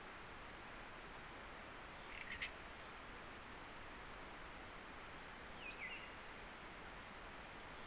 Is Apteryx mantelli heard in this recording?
no